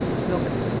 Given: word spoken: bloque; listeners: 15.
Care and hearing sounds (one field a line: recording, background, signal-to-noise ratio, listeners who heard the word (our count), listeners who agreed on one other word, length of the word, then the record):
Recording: one Spanish word in noise, from a listening test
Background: speech-shaped noise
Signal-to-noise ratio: -4.4 dB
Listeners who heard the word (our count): 3 of 15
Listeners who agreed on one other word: 6 of 15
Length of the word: 0.40 s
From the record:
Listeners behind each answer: 6, 3, 3, 1, 1, 1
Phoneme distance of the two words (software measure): 17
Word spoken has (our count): 2 syllables, 5 phonemes, stress on syllable 1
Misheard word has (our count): 2 syllables, 4 phonemes, stress on syllable 1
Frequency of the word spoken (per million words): 28.50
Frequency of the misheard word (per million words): 19.62